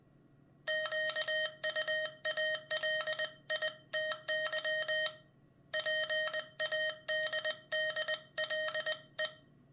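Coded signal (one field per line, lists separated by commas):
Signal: Morse code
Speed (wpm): 20 wpm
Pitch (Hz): 1850 Hz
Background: none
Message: QUALITY PADDLE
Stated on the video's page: Morse code sent on a German handcrafted Schurr/Bergsiek SOTA Wabbler paddle.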